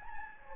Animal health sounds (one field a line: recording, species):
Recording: mosquito wingbeat signal from an infrared sensor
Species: Anopheles gambiae